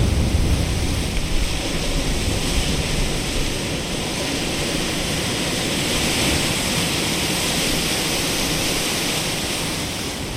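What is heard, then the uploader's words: Ocean water surges against sea wall rocks in a thick, continuous wash with no breaks. The rush stays fairly even throughout, with a low rumble underneath and a slight swell in the middle before easing a little toward the end. Ocean surging against sea wall rocks. Recorded by Alan Cook.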